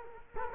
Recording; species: mosquito wingbeat signal from an infrared sensor; Culex quinquefasciatus